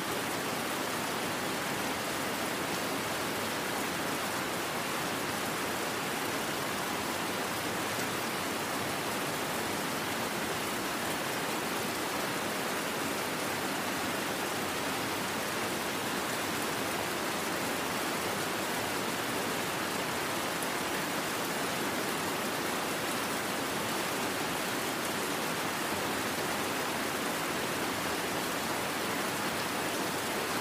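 Rain falls in a steady, dense hiss that fills everything from low to very bright, with no pauses or changes in level across the half minute. The wash is uniform, without distinct drops or other sounds standing out.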